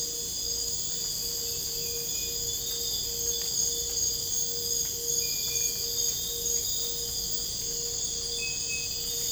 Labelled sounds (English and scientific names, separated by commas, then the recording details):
none
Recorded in dense forest near Puerto Asís, Putumayo, Colombia, on 22 December 2024 at 01:30
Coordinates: 0.484, -76.325
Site G056